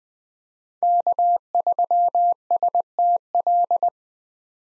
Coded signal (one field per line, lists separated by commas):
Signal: Morse code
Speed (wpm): 21 wpm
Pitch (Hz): 700 Hz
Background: none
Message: K3STL